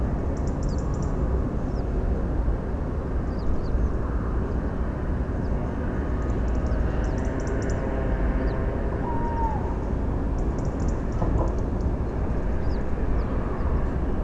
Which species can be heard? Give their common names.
European Robin, Western Yellow Wagtail, Redwing, Tawny Owl